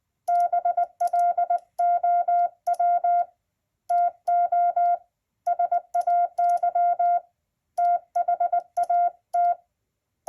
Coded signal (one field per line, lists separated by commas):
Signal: Morse code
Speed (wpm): 20 wpm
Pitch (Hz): 700 Hz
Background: none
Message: BLOW TO SAY THAT